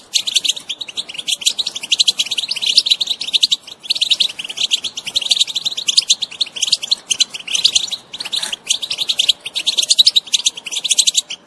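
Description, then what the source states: European goldfinch song, an almost unbroken stream of fast tinkling, twittering notes over nearly twelve seconds. Wild bird.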